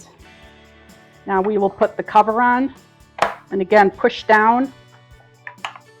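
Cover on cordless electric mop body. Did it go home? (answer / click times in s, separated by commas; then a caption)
yes / 5.5 s, 5.6 s. A plastic cover is pushed down and slightly back onto the body of a cordless electric mop while someone talks. The cover's lever snaps into place with sharp clicks at 5.5 and 5.7 seconds, seating the cover.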